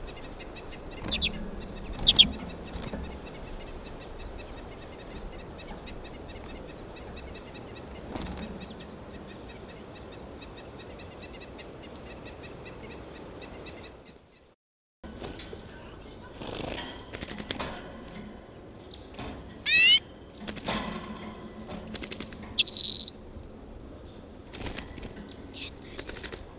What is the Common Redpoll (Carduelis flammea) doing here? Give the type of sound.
call